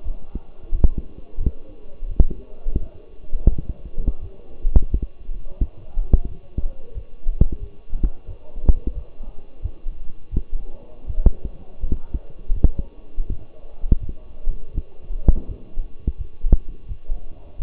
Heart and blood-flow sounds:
heart sounds by stethoscope; between the tricuspid and mitral areas; 85 bpm
0.03 s: heartbeat
0.71 s: heartbeat
1.39 s: heartbeat
2.08 s: heartbeat
2.79 s: heartbeat
3.49 s: heartbeat
4.20 s: heartbeat
4.90 s: heartbeat
5.60 s: heartbeat
6.28 s: heartbeat
6.94 s: heartbeat
7.59 s: heartbeat
8.26 s: heartbeat
8.94 s: heartbeat
9.62 s: heartbeat
10.31 s: heartbeat
11.06 s: heartbeat
11.79 s: heartbeat
12.53 s: heartbeat
13.28 s: heartbeat
13.99 s: heartbeat
14.73 s: heartbeat
15.47 s: heartbeat
16.17 s: heartbeat
16.88 s: heartbeat
17.58 s: heartbeat
From the record:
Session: walking at 3.7 km/h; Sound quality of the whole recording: partially saturated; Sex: male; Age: 24 years

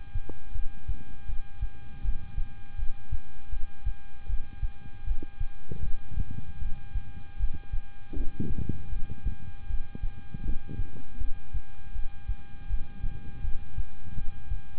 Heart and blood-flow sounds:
heart sounds by stethoscope; between the tricuspid and mitral areas; 79 bpm
0.52 s: heartbeat
1.26 s: heartbeat
2.02 s: heartbeat
2.76 s: heartbeat
3.50 s: heartbeat
4.27 s: heartbeat
5.04 s: heartbeat
5.80 s: heartbeat
6.59 s: heartbeat
7.37 s: heartbeat
8.14 s: heartbeat
8.89 s: heartbeat
9.67 s: heartbeat
10.42 s: heartbeat
11.18 s: heartbeat
11.92 s: heartbeat
12.67 s: heartbeat
13.41 s: heartbeat
14.15 s: heartbeat
From the record:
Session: rest, lying down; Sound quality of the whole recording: good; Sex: male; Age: 26 years

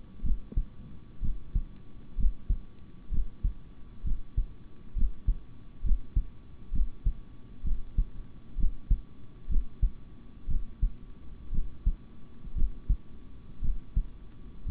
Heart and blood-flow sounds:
heart sounds by stethoscope; between the tricuspid and mitral areas; 62 bpm
0.23 s: heartbeat
1.21 s: heartbeat
2.16 s: heartbeat
3.10 s: heartbeat
4.03 s: heartbeat
4.95 s: heartbeat
5.83 s: heartbeat
6.72 s: heartbeat
7.63 s: heartbeat
8.56 s: heartbeat
9.48 s: heartbeat
10.47 s: heartbeat
11.51 s: heartbeat
12.54 s: heartbeat
13.61 s: heartbeat
14.65 s: heartbeat
From the record:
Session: rest, sitting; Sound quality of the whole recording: good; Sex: male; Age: 26 years

